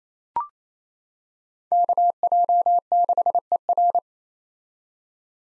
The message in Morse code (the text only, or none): KJ6ER